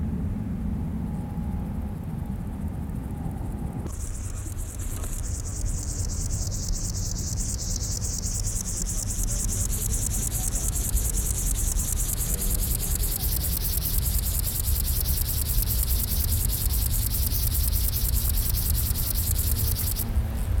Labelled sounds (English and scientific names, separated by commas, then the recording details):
Upland Field Grasshopper (Chorthippus apricarius) stridulation
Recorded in the wild
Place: Karower Teiche, Naturpark Barnim, Berlin, DE
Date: 1992-09-27 11:25
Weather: sonnig, 17-22°C
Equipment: Marantz CP 430, Sennheiser ME 80, Kopie Tesla B 116
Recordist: Tembrock, Günter